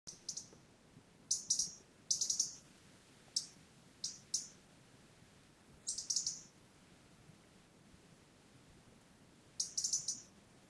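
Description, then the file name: European robin calls, high sharp clicks given singly and in quick pairs or bursts, scattered irregularly throughout with quiet gaps between. "Erithacus rubecula"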